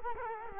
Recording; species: mosquito wingbeat signal from an infrared sensor; Culex quinquefasciatus